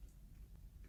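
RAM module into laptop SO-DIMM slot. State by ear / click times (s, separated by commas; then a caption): not seated / none. A RAM module is being handled at the SO-DIMM memory slot of an LG Gram laptop, ready to be pressed down until the side retaining clips snap over it. Only a low, steady rumble with a few faint soft ticks is heard. Nothing has seated or clicked yet.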